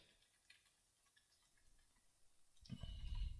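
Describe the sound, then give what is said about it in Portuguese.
Faint, irregular taps and clicks of fingers on the screen of the mobile phone that is filming, while entering a password, followed by a louder burst of rustling handling noise at the end. “Então eu vou digitar minha senha.”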